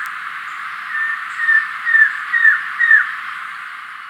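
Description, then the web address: Masked trogon calling a run of five quick, evenly spaced, downslurred notes over constant background hiss. Recorded in Ecuador. "Birds of Ecuador. Masked Trogon"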